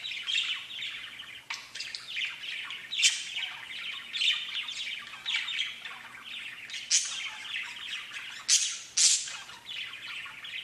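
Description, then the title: Budgerigar chatter, dense warbling and squawking with several sharp high chirps. "Budgie Sounds"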